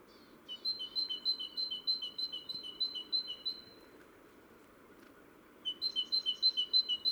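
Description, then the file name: Great tit song: a metallic, alternating high-low two-note phrase repeated steadily for over three seconds, a gap, then a new run of the same phrase. "Parus major"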